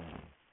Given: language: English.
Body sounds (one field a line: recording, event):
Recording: throat vibration sensor signal played as sound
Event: throat clearing